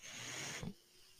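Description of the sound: Half a second of rushing airflow hiss ending in a soft low thump: a home mechanical ventilator delivering a breath.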